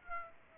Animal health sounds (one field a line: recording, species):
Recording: mosquito wingbeat signal from an infrared sensor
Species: Aedes aegypti